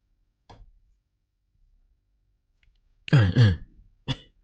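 A short, faint throat-clearing noise, then a pause before two loud, harsh coughs in quick succession and a final shorter cough, all with no talking, from a person who has an ongoing cough.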